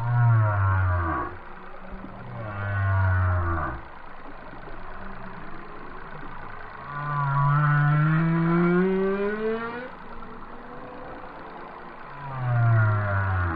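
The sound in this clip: Whale song with deep low groans and a long moan that rises steadily, repeating in slow waves.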